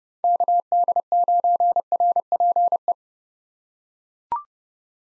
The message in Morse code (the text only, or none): KD9RPE